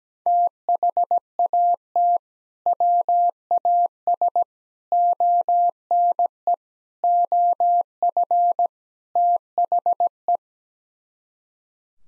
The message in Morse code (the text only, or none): THAT WAS ONE OF THE